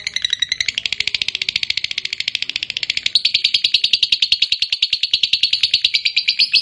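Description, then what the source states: Lovebird pouring out a continuous rapid buzzy chatter of pulsed notes, shifting slightly higher midway and running without pause. Fighter-type lovebird singing energetically (gacor).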